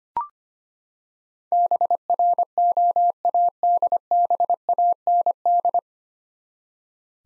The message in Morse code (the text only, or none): BROADBAND